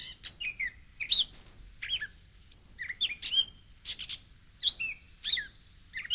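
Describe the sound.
Gray catbird song of varied squeaky, slurred and rasping phrases, some rising, some falling, spaced by short pauses, over soft background noise.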